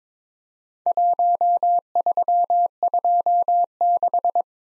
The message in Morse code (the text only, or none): 1326